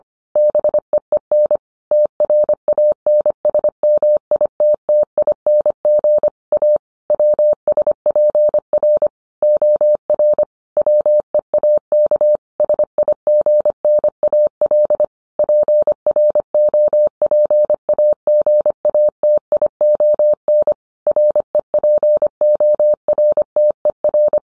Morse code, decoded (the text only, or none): BEEN TRANSMITTING A WSPR OR WEAK SIGNAL PROPAGATION REPORTER